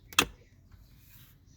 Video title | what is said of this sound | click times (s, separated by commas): How to replace headlight switch stalk in Kia Sportage | Press it straight in until you hear or feel it click into place, ensuring a proper connection. | 0.2 s